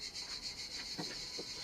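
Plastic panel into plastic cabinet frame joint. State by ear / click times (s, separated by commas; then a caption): not seated / none. Part B, a plastic panel of a Livarno utility cabinet from Lidl, is lined up against the plastic cabinet frame joint, giving soft rubbing and scraping over a steady high hiss, with faint brief bumps near 1.0 and 1.4 seconds. The panel is only positioned before the push, and nothing has clicked or seated yet.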